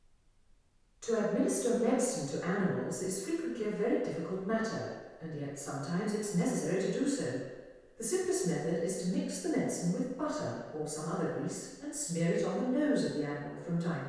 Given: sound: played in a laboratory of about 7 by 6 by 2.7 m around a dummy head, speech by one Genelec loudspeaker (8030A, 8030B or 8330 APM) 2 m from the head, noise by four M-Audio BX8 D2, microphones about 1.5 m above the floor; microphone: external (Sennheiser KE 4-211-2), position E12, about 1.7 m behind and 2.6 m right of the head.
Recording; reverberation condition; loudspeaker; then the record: female speech in English; high; 30 degrees to the left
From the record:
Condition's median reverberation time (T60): about 1300 ms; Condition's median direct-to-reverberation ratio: about -4.0 dB